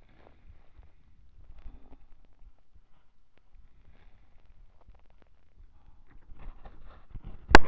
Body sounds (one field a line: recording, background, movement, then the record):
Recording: deep breathing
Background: quiet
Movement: sitting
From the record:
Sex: male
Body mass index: 23.7 kg/m2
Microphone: on the chest, facing the body